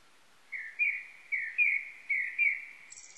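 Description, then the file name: Japanese thrush song: a run of fluty slurred whistles, rising and falling, given in quick pairs, with a faint higher twitter at the end. Recorded on 19 April 1998. "980419 kurotugumi"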